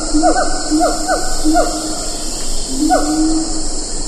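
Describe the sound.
Siamang calls: a few short swooping notes, over a steady high hiss of insects.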